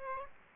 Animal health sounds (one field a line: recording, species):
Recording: mosquito wingbeat signal from an infrared sensor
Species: Aedes aegypti